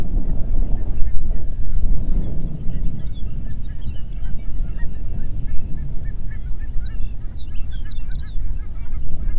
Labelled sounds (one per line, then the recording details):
songbird
waterfowl
wind
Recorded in the Prudhoe Bay oil fields, Alaska, on 8 June 2019 at 05:08
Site 30